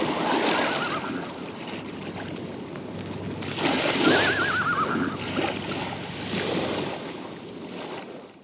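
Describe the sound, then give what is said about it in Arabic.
Steady sea surf washes in repeated swells while the horse of Uqba ibn Nafi, standing before the sea, gives one short, wavering neigh midway through, riding over the roar of the waves. “هنا يا طارق، وأمام هذا البحر وقف جواد عقبة بن نافع، فحال هذا البحر بينه وبين متابعة الجهاد.”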